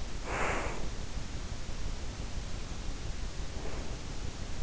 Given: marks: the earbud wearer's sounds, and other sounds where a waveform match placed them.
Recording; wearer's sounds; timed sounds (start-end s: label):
sounds in sleep by an in-ear microphone; breath
0.00-1.32 s: breath
3.27-4.22 s: breath